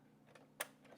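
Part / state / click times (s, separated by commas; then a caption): ink cassette into side slot of compact dye-sub photo printer / seated / 0.6 s. An ink cassette is slid into the side slot of a Canon Selphy CP1500 compact dye-sub photo printer and pushed until it latches. Faint sliding sounds lead up to one sharp plastic click at 0.6 s. The cassette snaps home and is seated.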